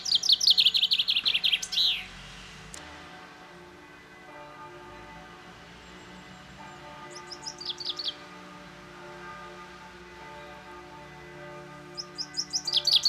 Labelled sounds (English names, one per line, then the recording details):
Common Chaffinch song
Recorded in the wild
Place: Oberstdorf, Bayern, DE
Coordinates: 47.4078, 10.2781
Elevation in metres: 811
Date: 1985-04-02
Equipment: Uher 4000 Report, Sennheiser MKH 815 T
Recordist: Tretzel, Erwin